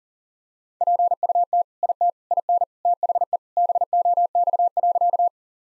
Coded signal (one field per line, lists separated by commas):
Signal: Morse code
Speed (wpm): 40 wpm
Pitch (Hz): 700 Hz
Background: none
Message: PUT IT IN THE BOX.